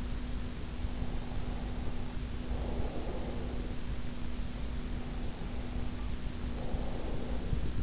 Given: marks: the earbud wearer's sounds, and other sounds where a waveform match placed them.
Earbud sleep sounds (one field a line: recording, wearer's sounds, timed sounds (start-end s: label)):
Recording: sounds in sleep by an in-ear microphone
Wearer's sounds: breath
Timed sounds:
0.82-4.03 s: breath
4.89-7.83 s: breath